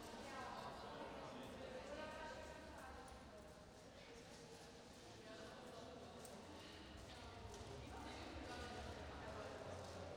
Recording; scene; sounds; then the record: everyday scene through a hearing-aid microphone; reverberant space; background noise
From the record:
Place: railway station hall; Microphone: in the ear canal, right